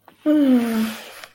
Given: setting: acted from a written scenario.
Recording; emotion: vocal sound without words; neutral